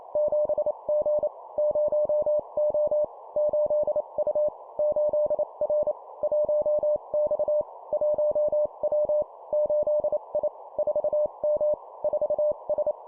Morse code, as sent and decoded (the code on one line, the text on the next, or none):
--... --. / ----- --- / ---.. ..- / ---.. .-. / .---- -..- / .---- .-- / ---.. .. / ....- -- / ....- ...
7G 0O 8U 8R 1X 1W 8I 4M 4S